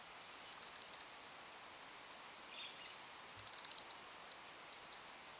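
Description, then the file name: European robin: bursts of rapid high-pitched ticking, with a soft thin warble between them. "Erithacus rubecula"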